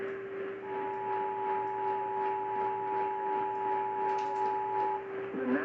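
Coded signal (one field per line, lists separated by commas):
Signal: Emergency Alert System (SAME) tones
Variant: 853 and 960 Hz attention tone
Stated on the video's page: Severe weather alert tones received from DXing weather radio station WXJC.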